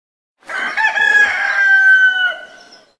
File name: rooster